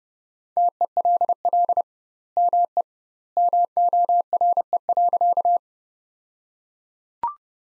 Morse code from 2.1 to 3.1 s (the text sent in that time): ME